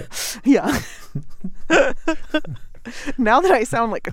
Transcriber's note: laughter